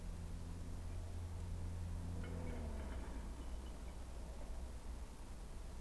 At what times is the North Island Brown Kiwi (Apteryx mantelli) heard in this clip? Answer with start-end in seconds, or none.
none